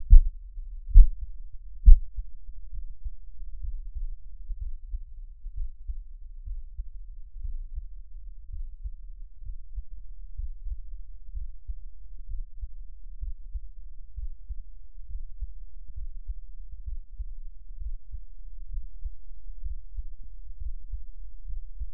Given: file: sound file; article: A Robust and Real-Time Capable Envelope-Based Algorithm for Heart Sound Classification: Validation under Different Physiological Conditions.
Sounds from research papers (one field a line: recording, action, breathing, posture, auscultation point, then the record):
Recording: heart sounds by electronic stethoscope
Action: rest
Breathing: normal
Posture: lying on right side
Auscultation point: Erb’s point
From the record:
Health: healthy, no known heart disease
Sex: male